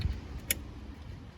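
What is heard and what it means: A wiring connector is pushed onto a lighted window switch on a 2013-2018 Toyota RAV4. A short, sharp click at 0.5 s shows it seating, and someone talks right after. The connector is confirmed seated.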